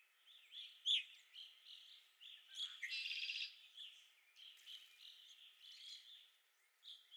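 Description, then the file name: Red-winged blackbird song: a dipping introductory note and then a loud buzzy trill, set against steady twittering from other birds. Recorded at Okalees on 5 May 2021. "2021-05-05 RWBL 26 Okalees"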